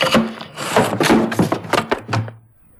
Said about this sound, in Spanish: Tropieza con una silla y cae aparatosamente. Un hilillo de sangre comienza a manar de su cabeza. Se ha desnucado.